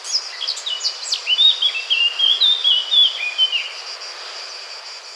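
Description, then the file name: Eurasian blackcap song: a quick run of warbling, twittering notes that flows for about three seconds and then fades, with a constant high background hiss. "Sylvia atricapilla"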